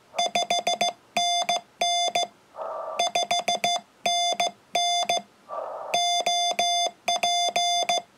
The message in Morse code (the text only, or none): 5NN 5NN OP